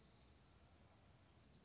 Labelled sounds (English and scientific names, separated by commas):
Dark-eyed Junco (Junco hyemalis)